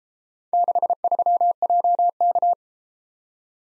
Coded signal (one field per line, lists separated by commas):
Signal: Morse code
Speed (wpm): 32 wpm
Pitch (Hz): 700 Hz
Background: none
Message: 63JK